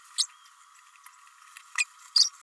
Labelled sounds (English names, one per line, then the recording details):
Green-rumped Parrotlet babbling
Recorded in a nest box in Venezuela
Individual 18B104A3